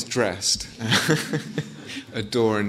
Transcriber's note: laughter